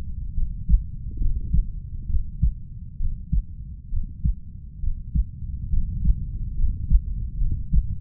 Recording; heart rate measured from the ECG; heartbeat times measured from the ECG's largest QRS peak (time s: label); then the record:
heart sounds by stethoscope; 68 bpm
0.34 s: heartbeat
1.18 s: heartbeat
2.06 s: heartbeat
2.97 s: heartbeat
3.89 s: heartbeat
4.80 s: heartbeat
5.69 s: heartbeat
6.55 s: heartbeat
7.38 s: heartbeat
From the record:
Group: healthy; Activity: rest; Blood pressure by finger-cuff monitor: 119/61 mmHg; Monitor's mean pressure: 77 mmHg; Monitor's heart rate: 68 bpm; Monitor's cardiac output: 5.9 L/min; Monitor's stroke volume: 85 mL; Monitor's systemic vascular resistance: 950 dyn s/cm5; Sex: female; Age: 32 years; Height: 168 cm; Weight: 61.9 kg